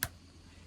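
The folding handle of a Barnett Black Widow slingshot is flipped down and snaps into a detent groove in its frame, giving one sharp click at 0.0 s. The click is followed by a quiet low hum. The handle locks into place so it is not loose.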